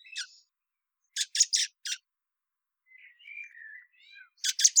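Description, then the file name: Common blackbird: a single scratchy note, a burst of four harsh scratchy notes, a soft warbled phrase, then another harsh burst. "Turdus merula"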